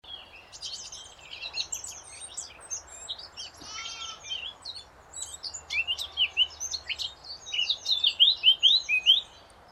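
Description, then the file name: Eurasian blackcap song: fast, varied warbling phrases of scratchy and sweet notes, building to louder, clearer whistled notes near the end. "Sylvia atricapilla"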